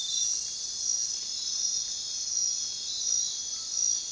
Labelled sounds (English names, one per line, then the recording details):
Cinereous Tinamou
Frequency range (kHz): Cinereous Tinamou 0.7-2.0 kHz
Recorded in dense forest near Puerto Asís, Putumayo, Colombia, on 19 February 2024 at 04:00
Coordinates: 0.466, -76.327
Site G6413